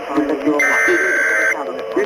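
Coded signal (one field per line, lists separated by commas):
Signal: Emergency Alert System (SAME) tones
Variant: header bursts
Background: speech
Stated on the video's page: Fictional EAS scenario, a remastered version of an earlier one.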